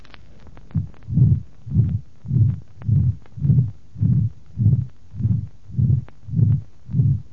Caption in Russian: Звуковой картины на аорте при сужении аортального отверстия. Выслушивается грубый систолический шум. Второй тон ослаблен или отсутствует.